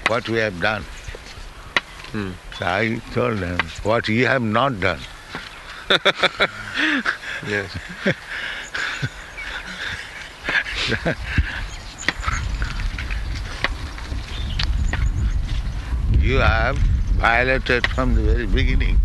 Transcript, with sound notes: What we have done?" So I told them, "What you have not done?" [laughter]
Yes.
"You have violated from the very beginning